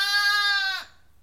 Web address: The BBC Sound Effects Library. Livestock. Lamb Bleating